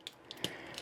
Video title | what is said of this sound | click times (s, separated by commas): Video Review of the Takara MP-20 Masterpiece Wheeljack | lock that and it'll actually click into place you can push it in and you can see that it doesn't push it all the way but when you give it a nice little push it locks it | 0.1 s, 0.4 s